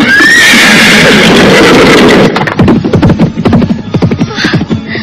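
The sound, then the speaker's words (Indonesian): The horse of Pendekar Bunga Putih, carrying Cakradara on its back, gives a loud, shrill whinny with a rising pitch, followed by a series of rapid, rhythmic clip-clops of hooves with no voices. “Setelah itu, pendekar bunga putih membawa Cakradara naik ke atas punggung kudanya.”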